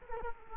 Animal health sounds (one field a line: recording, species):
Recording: mosquito wingbeat signal from an infrared sensor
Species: Culex quinquefasciatus